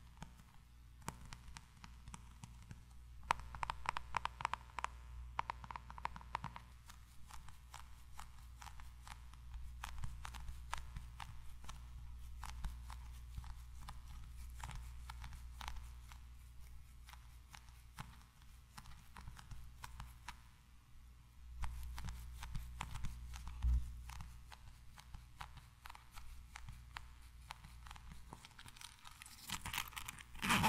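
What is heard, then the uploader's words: Tiny mic triggers: a steady stream of crisp taps, clicks and scratches over a constant low hum. The tapping comes in dense clusters, around the fifth second, from ten to sixteen seconds and again past twenty, with a louder flurry right at the end. ASMR 1 HR Of Tiny Mic Triggers.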